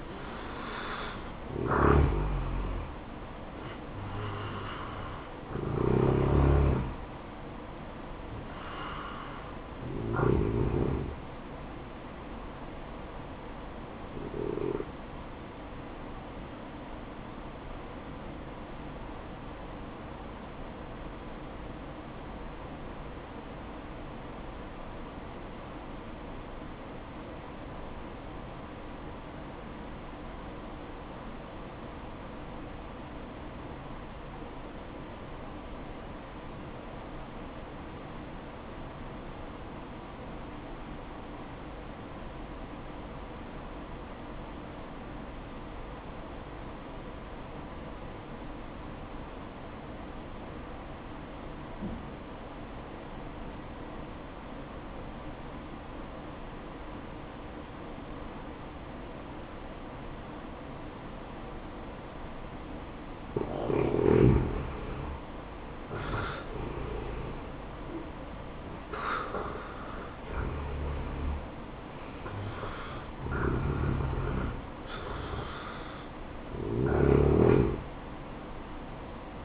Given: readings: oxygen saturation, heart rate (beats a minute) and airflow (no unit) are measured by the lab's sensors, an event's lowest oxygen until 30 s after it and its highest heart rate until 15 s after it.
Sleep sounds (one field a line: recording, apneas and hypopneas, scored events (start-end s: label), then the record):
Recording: breathing in sleep by a voice recorder at the bedside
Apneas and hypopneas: 1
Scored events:
17.00-66.40 s: obstructive apnea (N1, oxygen 96% highest, then 77% lowest, heart rate 63 at the start, 76 highest)
21.00-79.45 s: new sleep stage, REM sleep
From the record:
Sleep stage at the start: N1 (lightest sleep)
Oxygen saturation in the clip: 79 to 96%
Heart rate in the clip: 54 to 76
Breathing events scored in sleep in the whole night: 573 in 9.8 hours asleep